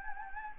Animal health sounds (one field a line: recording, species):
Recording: mosquito wingbeat signal from an infrared sensor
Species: Anopheles gambiae